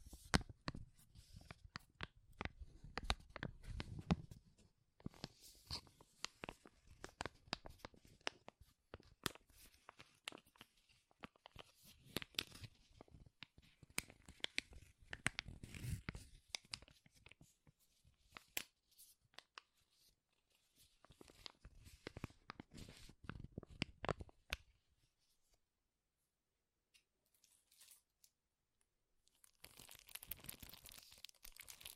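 Plastic or paper crinkling in dense, irregular bursts of sharp crackles and tearing crunches, with heavier low thumps around 3–5 and 15–17 seconds. The handling pauses almost completely near 20 and again from 25 to 29 seconds, then resumes briefly at the end.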